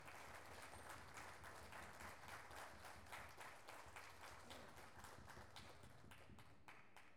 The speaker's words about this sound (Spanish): La señora directora del equipo del Museo de Bellas Artes. A ver, los aplausos, así ya vienen ellos.